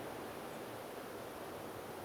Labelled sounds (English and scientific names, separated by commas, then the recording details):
European Robin (Erithacus rubecula)
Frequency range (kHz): European Robin (Erithacus rubecula) 6.7-8.0 kHz
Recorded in France